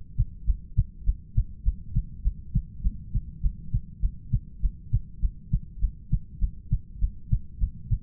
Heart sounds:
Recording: heart sounds by stethoscope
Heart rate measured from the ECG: 101 bpm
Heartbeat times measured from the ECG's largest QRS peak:
0.44 s: heartbeat
1.04 s: heartbeat
1.63 s: heartbeat
2.22 s: heartbeat
2.81 s: heartbeat
3.40 s: heartbeat
4.00 s: heartbeat
4.60 s: heartbeat
5.19 s: heartbeat
5.79 s: heartbeat
6.38 s: heartbeat
6.99 s: heartbeat
7.58 s: heartbeat
From the record:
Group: heart failure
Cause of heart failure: ischemic heart disease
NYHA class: 1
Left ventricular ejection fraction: 38%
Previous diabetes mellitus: present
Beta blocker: bisoprolol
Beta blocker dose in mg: 15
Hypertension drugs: sacubitril-valsartan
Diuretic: furosemide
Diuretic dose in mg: 20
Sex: male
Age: 33 years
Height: 172 cm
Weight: 78.5 kg

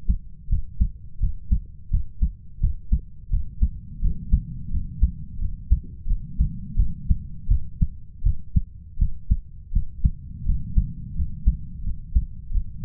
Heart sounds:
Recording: heart sounds by stethoscope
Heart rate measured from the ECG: 85 bpm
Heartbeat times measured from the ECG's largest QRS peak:
0.49 s: heartbeat
1.19 s: heartbeat
1.90 s: heartbeat
2.60 s: heartbeat
3.30 s: heartbeat
4.01 s: heartbeat
4.70 s: heartbeat
5.38 s: heartbeat
6.06 s: heartbeat
6.76 s: heartbeat
7.48 s: heartbeat
8.23 s: heartbeat
8.98 s: heartbeat
9.72 s: heartbeat
10.45 s: heartbeat
11.15 s: heartbeat
11.83 s: heartbeat
12.51 s: heartbeat
From the record:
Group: healthy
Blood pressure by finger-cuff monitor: 110/71 mmHg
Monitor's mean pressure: 83 mmHg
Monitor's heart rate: 85 bpm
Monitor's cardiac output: 7.4 L/min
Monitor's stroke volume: 87 mL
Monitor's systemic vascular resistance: 790 dyn s/cm5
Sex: male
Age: 33 years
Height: 179 cm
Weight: 80.4 kg

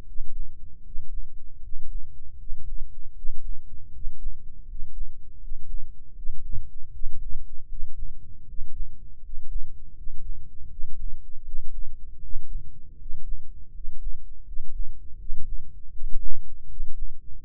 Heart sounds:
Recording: heart sounds by microphone in the left ear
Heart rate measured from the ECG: 79 bpm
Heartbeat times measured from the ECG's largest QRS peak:
0.04 s: heartbeat
0.81 s: heartbeat
1.59 s: heartbeat
2.36 s: heartbeat
3.12 s: heartbeat
3.90 s: heartbeat
4.65 s: heartbeat
5.38 s: heartbeat
6.13 s: heartbeat
6.89 s: heartbeat
7.66 s: heartbeat
8.44 s: heartbeat
9.19 s: heartbeat
9.93 s: heartbeat
10.67 s: heartbeat
11.42 s: heartbeat
12.19 s: heartbeat
12.96 s: heartbeat
13.70 s: heartbeat
14.43 s: heartbeat
15.16 s: heartbeat
15.90 s: heartbeat
16.66 s: heartbeat
17.44 s: heartbeat
From the record:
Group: healthy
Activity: cold pressor test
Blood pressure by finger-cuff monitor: 100/68 mmHg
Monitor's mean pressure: 75 mmHg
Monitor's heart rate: 79 bpm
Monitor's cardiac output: 6.7 L/min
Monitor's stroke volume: 85 mL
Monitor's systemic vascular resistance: 810 dyn s/cm5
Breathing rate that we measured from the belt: 14 breaths a minute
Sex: male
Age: 23 years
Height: 178 cm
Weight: 96.6 kg

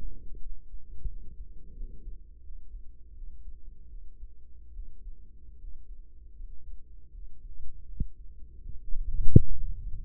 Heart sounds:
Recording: heart sounds by microphone in the right ear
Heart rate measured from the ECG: 81 bpm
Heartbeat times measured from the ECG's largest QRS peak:
0.39 s: heartbeat
1.06 s: heartbeat
1.74 s: heartbeat
2.42 s: heartbeat
3.13 s: heartbeat
3.88 s: heartbeat
4.72 s: heartbeat
5.57 s: heartbeat
6.35 s: heartbeat
7.11 s: heartbeat
7.85 s: heartbeat
8.60 s: heartbeat
9.31 s: heartbeat
10.03 s: heartbeat
From the record:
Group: healthy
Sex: male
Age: 35 years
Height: 178 cm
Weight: 64 kg

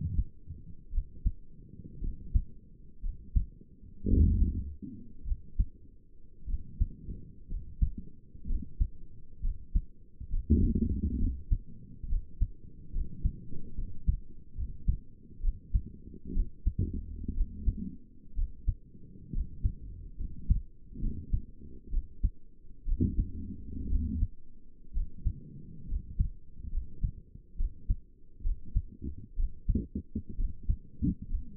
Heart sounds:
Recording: heart sounds by stethoscope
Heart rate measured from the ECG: 63 bpm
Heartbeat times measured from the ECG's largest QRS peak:
0.93 s: heartbeat
2.03 s: heartbeat
3.04 s: heartbeat
4.09 s: heartbeat
5.27 s: heartbeat
6.48 s: heartbeat
7.50 s: heartbeat
8.48 s: heartbeat
9.43 s: heartbeat
10.31 s: heartbeat
11.20 s: heartbeat
12.10 s: heartbeat
12.94 s: heartbeat
13.78 s: heartbeat
14.57 s: heartbeat
15.43 s: heartbeat
16.35 s: heartbeat
17.36 s: heartbeat
18.37 s: heartbeat
19.34 s: heartbeat
20.19 s: heartbeat
21.02 s: heartbeat
21.92 s: heartbeat
22.87 s: heartbeat
23.90 s: heartbeat
24.95 s: heartbeat
25.89 s: heartbeat
26.72 s: heartbeat
27.58 s: heartbeat
28.44 s: heartbeat
29.38 s: heartbeat
30.38 s: heartbeat
31.30 s: heartbeat
From the record:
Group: healthy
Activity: rest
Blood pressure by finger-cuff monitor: 93/51 mmHg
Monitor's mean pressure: 67 mmHg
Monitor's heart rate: 63 bpm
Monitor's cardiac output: 6.7 L/min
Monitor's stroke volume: 111 mL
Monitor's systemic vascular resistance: 740 dyn s/cm5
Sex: male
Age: 22 years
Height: 181 cm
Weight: 79 kg

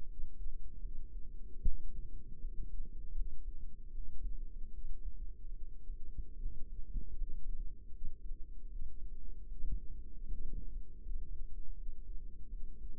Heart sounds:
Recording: heart sounds by microphone in the right ear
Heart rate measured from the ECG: 77 bpm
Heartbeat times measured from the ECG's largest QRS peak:
0.04 s: heartbeat
0.79 s: heartbeat
1.59 s: heartbeat
2.38 s: heartbeat
3.12 s: heartbeat
3.89 s: heartbeat
4.69 s: heartbeat
5.53 s: heartbeat
6.37 s: heartbeat
7.13 s: heartbeat
7.88 s: heartbeat
8.66 s: heartbeat
9.45 s: heartbeat
10.25 s: heartbeat
10.99 s: heartbeat
11.73 s: heartbeat
12.47 s: heartbeat
From the record:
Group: healthy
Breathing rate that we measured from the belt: 14 breaths a minute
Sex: female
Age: 22 years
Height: 171 cm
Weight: 65.6 kg

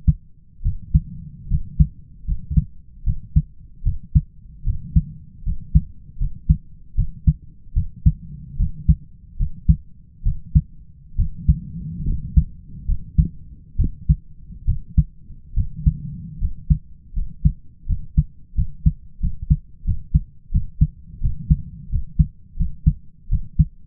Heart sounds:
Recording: heart sounds by stethoscope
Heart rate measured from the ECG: 77 bpm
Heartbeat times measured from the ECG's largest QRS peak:
0.62 s: heartbeat
1.48 s: heartbeat
2.25 s: heartbeat
3.04 s: heartbeat
3.83 s: heartbeat
4.64 s: heartbeat
5.43 s: heartbeat
6.17 s: heartbeat
6.95 s: heartbeat
7.73 s: heartbeat
8.56 s: heartbeat
9.37 s: heartbeat
10.23 s: heartbeat
11.16 s: heartbeat
12.04 s: heartbeat
12.85 s: heartbeat
13.76 s: heartbeat
14.65 s: heartbeat
15.54 s: heartbeat
16.38 s: heartbeat
17.13 s: heartbeat
17.86 s: heartbeat
18.54 s: heartbeat
19.19 s: heartbeat
19.84 s: heartbeat
20.51 s: heartbeat
21.20 s: heartbeat
21.89 s: heartbeat
22.56 s: heartbeat
23.29 s: heartbeat
From the record:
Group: healthy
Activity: rest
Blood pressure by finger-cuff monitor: 111/64 mmHg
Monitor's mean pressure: 75 mmHg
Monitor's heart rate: 77 bpm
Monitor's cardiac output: 5.3 L/min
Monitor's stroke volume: 70 mL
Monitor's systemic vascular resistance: 1040 dyn s/cm5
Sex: male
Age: 20 years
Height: 167 cm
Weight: 61 kg

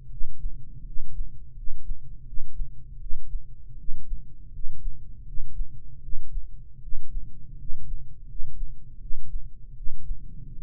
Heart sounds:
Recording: heart sounds by microphone in the right ear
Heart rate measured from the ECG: 81 bpm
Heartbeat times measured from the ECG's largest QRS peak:
0.05 s: heartbeat
0.80 s: heartbeat
1.50 s: heartbeat
2.20 s: heartbeat
2.94 s: heartbeat
3.72 s: heartbeat
4.47 s: heartbeat
5.20 s: heartbeat
5.96 s: heartbeat
6.76 s: heartbeat
7.52 s: heartbeat
8.22 s: heartbeat
8.95 s: heartbeat
9.70 s: heartbeat
10.46 s: heartbeat
From the record:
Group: healthy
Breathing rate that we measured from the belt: 19 breaths a minute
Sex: male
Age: 20 years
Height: 187 cm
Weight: 68.9 kg

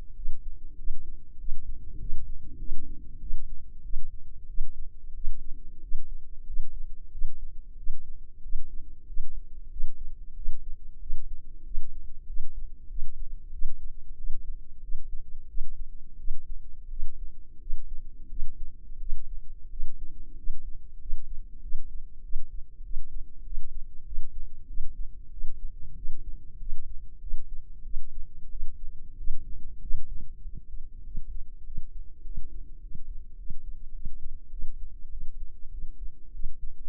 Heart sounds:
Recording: heart sounds by microphone in the left ear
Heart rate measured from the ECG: 95 bpm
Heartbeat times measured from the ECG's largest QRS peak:
0.14 s: heartbeat
0.76 s: heartbeat
1.38 s: heartbeat
1.98 s: heartbeat
2.58 s: heartbeat
3.19 s: heartbeat
3.82 s: heartbeat
4.47 s: heartbeat
5.13 s: heartbeat
5.80 s: heartbeat
6.45 s: heartbeat
7.11 s: heartbeat
7.76 s: heartbeat
8.41 s: heartbeat
9.06 s: heartbeat
9.69 s: heartbeat
10.34 s: heartbeat
10.99 s: heartbeat
11.63 s: heartbeat
12.26 s: heartbeat
12.88 s: heartbeat
13.51 s: heartbeat
14.16 s: heartbeat
14.80 s: heartbeat
15.47 s: heartbeat
16.17 s: heartbeat
16.89 s: heartbeat
17.59 s: heartbeat
18.28 s: heartbeat
18.99 s: heartbeat
19.69 s: heartbeat
20.35 s: heartbeat
20.99 s: heartbeat
21.61 s: heartbeat
22.22 s: heartbeat
22.82 s: heartbeat
23.43 s: heartbeat
24.04 s: heartbeat
24.66 s: heartbeat
25.30 s: heartbeat
25.94 s: heartbeat
26.58 s: heartbeat
27.19 s: heartbeat
27.83 s: heartbeat
28.49 s: heartbeat
29.16 s: heartbeat
29.80 s: heartbeat
30.41 s: heartbeat
31.02 s: heartbeat
31.63 s: heartbeat
32.22 s: heartbeat
32.80 s: heartbeat
33.36 s: heartbeat
33.92 s: heartbeat
34.49 s: heartbeat
35.09 s: heartbeat
35.70 s: heartbeat
36.31 s: heartbeat
From the record:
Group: healthy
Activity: rest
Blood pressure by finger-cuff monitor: 98/51 mmHg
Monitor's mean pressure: 69 mmHg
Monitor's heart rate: 94 bpm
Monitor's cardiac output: 8.9 L/min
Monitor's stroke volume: 95 mL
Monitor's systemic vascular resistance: 540 dyn s/cm5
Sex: female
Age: 24 years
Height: 163 cm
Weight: 55.7 kg

